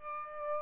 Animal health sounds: mosquito wingbeat signal from an infrared sensor; Aedes albopictus

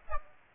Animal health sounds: mosquito wingbeat signal from an infrared sensor; Aedes aegypti

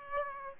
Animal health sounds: mosquito wingbeat signal from an infrared sensor; Aedes aegypti

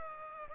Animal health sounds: mosquito wingbeat signal from an infrared sensor; Aedes aegypti

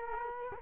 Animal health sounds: mosquito wingbeat signal from an infrared sensor; Culex quinquefasciatus

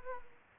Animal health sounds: mosquito wingbeat signal from an infrared sensor; Aedes aegypti

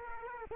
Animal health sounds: mosquito wingbeat signal from an infrared sensor; Culex quinquefasciatus

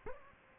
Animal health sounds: mosquito wingbeat signal from an infrared sensor; Aedes aegypti

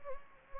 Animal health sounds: mosquito wingbeat signal from an infrared sensor; Anopheles gambiae

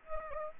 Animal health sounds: mosquito wingbeat signal from an infrared sensor; Aedes aegypti

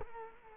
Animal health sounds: mosquito wingbeat signal from an infrared sensor; Culex quinquefasciatus

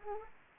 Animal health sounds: mosquito wingbeat signal from an infrared sensor; Anopheles arabiensis

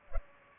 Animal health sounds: mosquito wingbeat signal from an infrared sensor; Culex pipiens

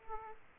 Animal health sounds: mosquito wingbeat signal from an infrared sensor; Aedes aegypti

